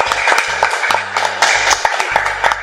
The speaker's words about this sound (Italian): Ringraziamo per aver partecipato alla cena questa sera. Applausi.